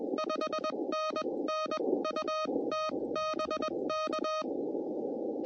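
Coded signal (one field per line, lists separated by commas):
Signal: Morse code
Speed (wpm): 21 wpm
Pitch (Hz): 1250 Hz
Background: none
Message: 5NN UT BK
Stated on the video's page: CW during a Parks on the Air activation.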